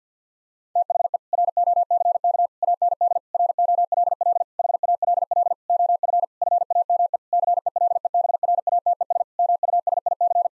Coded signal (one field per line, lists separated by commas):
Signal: Morse code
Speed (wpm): 50 wpm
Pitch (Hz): 700 Hz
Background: none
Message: THE ROCK AND ROLL HALL OF FAME CELEBRATES MUSIC